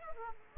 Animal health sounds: mosquito wingbeat signal from an infrared sensor; Aedes aegypti

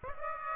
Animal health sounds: mosquito wingbeat signal from an infrared sensor; Aedes aegypti

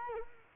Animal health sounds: mosquito wingbeat signal from an infrared sensor; Culex quinquefasciatus

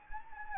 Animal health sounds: mosquito wingbeat signal from an infrared sensor; Anopheles gambiae

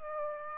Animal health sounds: mosquito wingbeat signal from an infrared sensor; Aedes aegypti

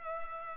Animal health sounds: mosquito wingbeat signal from an infrared sensor; Culex pipiens

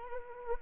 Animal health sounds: mosquito wingbeat signal from an infrared sensor; Anopheles arabiensis

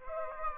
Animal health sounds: mosquito wingbeat signal from an infrared sensor; Aedes aegypti

